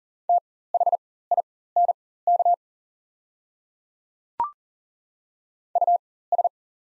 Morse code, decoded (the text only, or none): THINK US